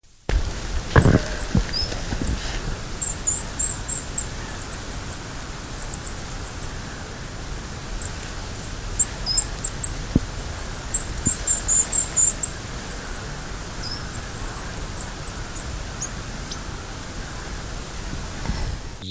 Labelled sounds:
Goldcrest (Regulus regulus) call
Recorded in the wild
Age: adult
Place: Gülper See, Brandenburg, DE
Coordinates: 52.7167, 12.25
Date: 2000-10-22 16:34
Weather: fair, ca. 15°C
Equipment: Nagra SN, Kopie Uher 4000 Report Monitor
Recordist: Tembrock, Günter

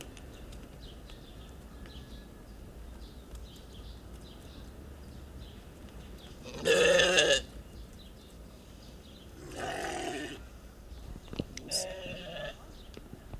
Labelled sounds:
Argali (Ovis ammon) call
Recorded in captivity
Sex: pair
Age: adult
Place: Zoo Halle, Sachsen-Anhalt, DE
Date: 1969-07-05 09:00
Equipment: Uher 4200 Report Stereo, Sennheiser MD 421
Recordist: Tembrock, Günter

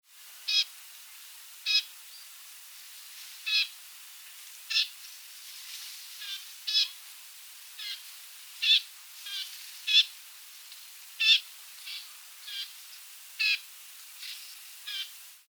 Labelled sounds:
Eurasian Reed Warbler (Acrocephalus scirpaceus)
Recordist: Tembrock, Günter
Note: Stimmfühlungslaute der Altvögel

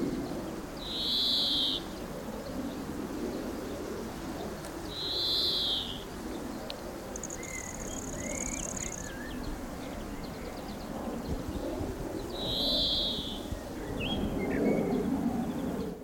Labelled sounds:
European Greenfinch (Chloris chloris)
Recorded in the wild
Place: Blankenfelde, Berlin, DE
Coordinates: 52.625, 13.404
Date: 1992-06-28
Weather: sonnig, 22-26°C, Wind
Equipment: Marantz CP 430, Sennheiser ME 80, Kopie Tesla B 116
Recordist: Tembrock, Günter

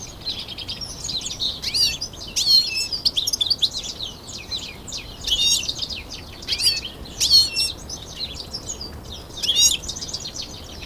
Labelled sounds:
European Goldfinch (Carduelis carduelis) song
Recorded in captivity
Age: adult
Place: Zoo Berlin, Berlin, DE
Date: 2001-03-20 13:34
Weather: partly sunny, 0 - 2°C
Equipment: Nagra SN, Kopie Uher 4000 Report Monitor
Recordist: Tembrock, Günter
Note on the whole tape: Gesang (gekäfigtes Exemplar), Entfernung ca. 1 m

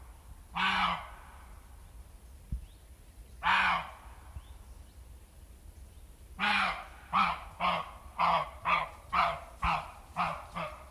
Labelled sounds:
Western Roe Deer (Capreolus capreolus) barking
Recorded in the wild
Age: adult
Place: Strausberg, Barnim, Brandenburg, DE
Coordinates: 52.5375, 13.8989
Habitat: meadow
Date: 1989-08-13 19:06
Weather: sunny, 22°C in the sun
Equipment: Riporter 6 RG-K, Halbspur, Sennheiser MKH 416 T
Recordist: Frommolt, Karl-Heinz

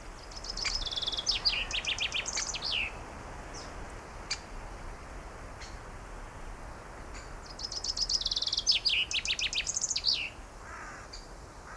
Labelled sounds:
Common Chaffinch (Fringilla coelebs)
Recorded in the wild
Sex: male
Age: adult
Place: Münchner Tierpark Hellabrunn, Bayern, DE
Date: 1995-05-27
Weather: wolkig, 15°C
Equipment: Marantz CP 430, Sennheiser ME 80, Kopie Uher 4000 Report Monitor
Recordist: Tembrock, Günter
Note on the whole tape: Gesang, 2 Strophentypen (freifliegend)

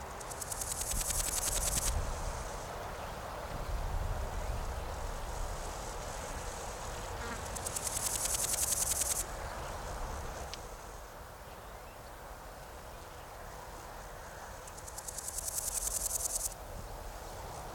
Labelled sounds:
Large Gold Grasshopper (Chrysochraon dispar) stridulation
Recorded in the wild
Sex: male
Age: imago
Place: Mühlenbeck, am Tegeler Fließ, Brandenburg, DE
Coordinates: 52.667, 13.37
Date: 1992-08-16 14:40
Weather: leicht bewölkt, 22°C, keine Sonne
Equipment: Marantz CP 430, Sennheiser ME 80, Kopie Tesla B 116
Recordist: Tembrock, Günter

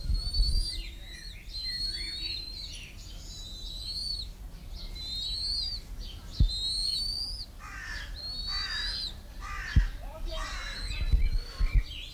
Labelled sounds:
Bald Eagle (Haliaeetus leucocephalus)
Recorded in captivity
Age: juvenile
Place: Zoo Berlin, Berlin, DE
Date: 1993-06-05 10:04
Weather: 20-25 °C, sonnig
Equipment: Marantz CP 430, Sennheiser ME 80, Kopie Uher Variocord 263
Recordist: Tembrock, Günter
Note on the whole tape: Langlaute von zwei 3 Wochen alten Jungen, Entfernung 2 m

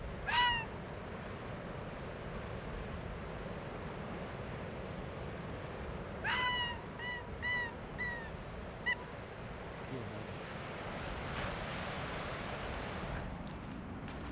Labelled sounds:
Arctic Fox (Vulpes lagopus)
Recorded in the wild
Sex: pair
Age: adult
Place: Insel Mednyi, Kommandeur-Inseln, RU
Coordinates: 54.5167, 168.083
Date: 1999-07-24
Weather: Nebel, 500 m Sicht, 8°C
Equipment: Sony WM-D6C, Sennheiser MKH 70, Windkorb, Kopie Tascam DA 30
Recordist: Frommolt, Karl-Heinz

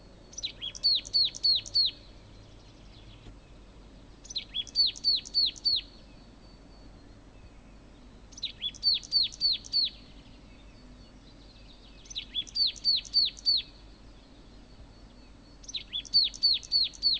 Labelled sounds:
Marsh Tit (Poecile palustris)
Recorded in the wild
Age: adult
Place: Villach, Kärnten, AT
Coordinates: 46.591, 13.824
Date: 1972-04-29
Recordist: Brunner, Thomas
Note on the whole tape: Aufgenommen aud der Napoleonswiese, Villach

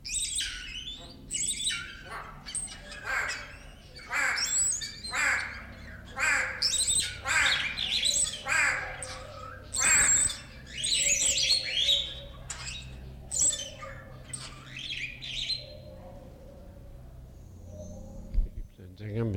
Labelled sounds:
White-bellied Go-away-bird (Corythaixoides leucogaster) call, Wattled Starling (Creatophora cinerea)
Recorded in captivity
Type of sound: call, call sequence
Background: Creatophora cinerea
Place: Zoo Berlin, Berlin, DE
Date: 1993-04-02
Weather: sonnig, -1 bis + 5°C
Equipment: Marantz CP 430, Sennheiser ME 80, Kopie Uher Variocord 263
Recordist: Tembrock, Günter
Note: Rufreihe

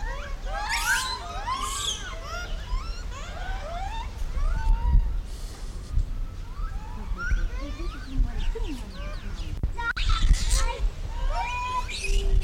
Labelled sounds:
Japanese Macaque (Macaca fuscata)
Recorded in captivity
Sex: diverse
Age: diverse
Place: Zoo Berlin, Berlin, DE
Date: 1994-07-16
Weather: sonnig, 22-26°C
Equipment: Marantz CP 430, Sennheiser ME 80, Kopie Uher Variocord 263
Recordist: Tembrock, Günter

